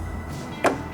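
A small socket is set over the white raised part of a check valve and pressed down toward its bore in the metal pump head of a Simpson 520004/520006 pressure washer pump during a rebuild. A single short knock sounds at about 0.7 s against low background hum. Nothing has seated or clicked yet.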